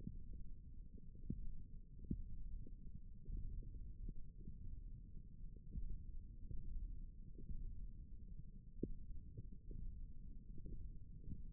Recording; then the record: forearm muscle sounds (acoustic myography)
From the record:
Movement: index flexion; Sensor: system 1, eight BSWA MPA416 microphones around the upper forearm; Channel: 1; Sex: female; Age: 22 years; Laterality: right